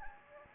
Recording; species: mosquito wingbeat signal from an infrared sensor; Anopheles gambiae